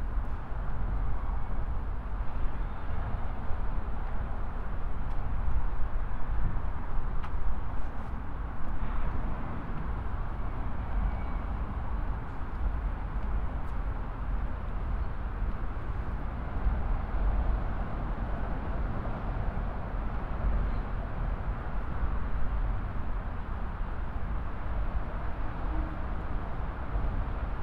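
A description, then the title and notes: A walk from a studio to the train, carried by a steady low rumble of passing traffic that never lets up across the half minute. Muffled, dull sounds stay mostly in the low and middle range, with a few faint clicks and knocks scattered throughout. A binaural field recording, walking from my studio to the train.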